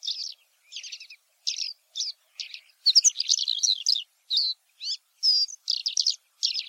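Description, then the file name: Oriental skylark song: a rapid run of high, twittering and buzzy chirps and short trills, delivered in quick bursts with brief gaps, no other sounds. "alauda gulgula"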